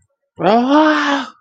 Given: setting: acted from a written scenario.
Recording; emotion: vocal sound without words; negative surprise